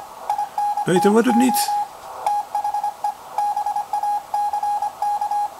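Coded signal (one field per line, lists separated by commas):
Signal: Morse code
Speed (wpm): 23 wpm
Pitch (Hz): 810 Hz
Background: speech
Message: INTO THE BACK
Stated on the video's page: Received signal compared on an outdoor longwire antenna versus an indoor magnetic loop in an attic.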